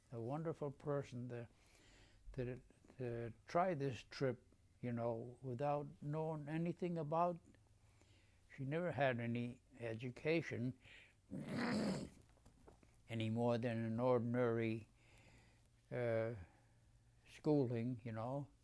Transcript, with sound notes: A wonderful person that--that had — to try this trip, you know, without knowing anything about it. She never had any education. [clears throat] Any more than any ordinary schooling, you know,